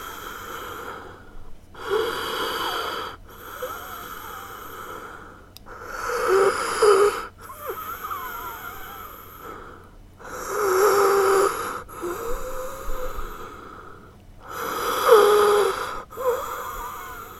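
Heavy adult breathing with wheezing: slow, loud breaths recur roughly every three to four seconds, several of them carrying a high-pitched whistling tone over the breath noise.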